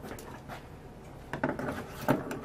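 On an Audi A6 engine, the second plastic retaining clip on the crankcase breather (PCV) valve is pushed and spread from the other side until it pops free with a sharp click at 1.4 s. A few other short knocks and rattles follow, the loudest near 2.1 s. The clip is released and out.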